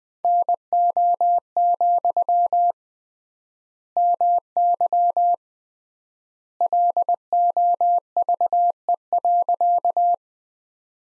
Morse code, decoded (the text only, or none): NO, MY LOVE.